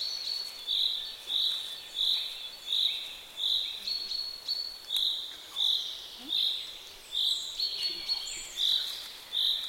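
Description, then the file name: Common chaffinch calling with a string of brief, high notes, about thirteen, spaced roughly 0.7 seconds apart, with a faint constant high hum. "Fringilla coelebs"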